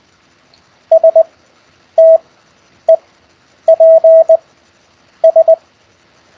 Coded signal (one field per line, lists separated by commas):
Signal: Morse code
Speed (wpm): 20 wpm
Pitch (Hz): 650 Hz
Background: none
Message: STEPS